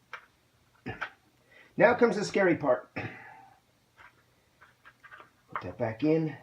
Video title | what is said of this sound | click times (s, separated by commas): Pinlock Fog Resistant Lens Review | the first in you'll feel it lock into place | 0.1 s